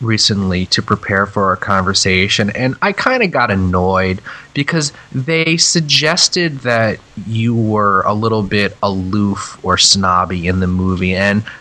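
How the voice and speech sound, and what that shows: An adult man speaks in a low, steady conversational voice at an easy pace, with only short natural pauses between phrases. Articulation is clear and voicing is smooth, with no blocks, repetitions or strain. This is ordinary fluent speech.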